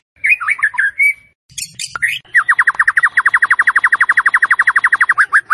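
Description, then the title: White-rumped shama song: a few varied warbled phrases and a brief harsh burst, then a long rapid trill of many repeated sharp notes. Masteran song tutor of a champion white-rumped shama, used for training other birds. "Masteran Murai Batu Juara"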